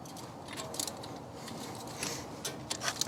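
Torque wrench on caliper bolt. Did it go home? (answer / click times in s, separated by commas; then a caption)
yes / 3.0 s. A torque wrench tightens a caliper bolt on a 2016 Hyundai Tucson during a front brake pad replacement, with light ratcheting and handling noises throughout. At 3.0 s the wrench gives a sharp click, confirming the bolt has reached 25 foot-pounds.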